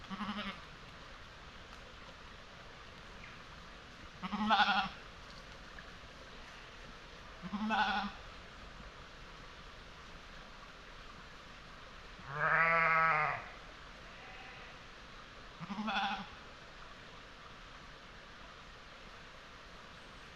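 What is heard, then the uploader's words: Sheep bleat at intervals across a quiet meadow, short calls near 0, 4.5, 7.5 and 16 seconds and a longer, louder, wavering bleat around 12.5 seconds. Between calls a low, steady outdoor hush fills the background. Bucolic dell in upland meadows. Farm machinery, A-roads, the flight paths to Manchester's ringway airport, though quite feint, are in range of hearing. Steep grassy meadows. Grazing sheep. Overgrown hedgerows. Thickets. Narrow stony streams, sometimes with sandy banks.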